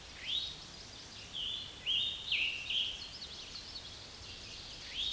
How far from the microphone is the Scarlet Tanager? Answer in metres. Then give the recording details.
about 15 m. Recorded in a Pennsylvania forest on 19 May 2023 at 10:49. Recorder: AudioMoth, point grid1_30_low. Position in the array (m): 171 m, 67 m